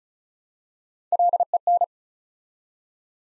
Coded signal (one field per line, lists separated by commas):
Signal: Morse code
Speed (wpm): 36 wpm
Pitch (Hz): 700 Hz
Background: none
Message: LEN